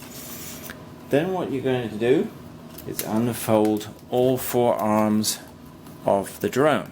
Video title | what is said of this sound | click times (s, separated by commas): The Bigly Brothers GD93 Midnight Specter GPS Drone Straight forward Video Guide | just like that until it clicks in | 0.7 s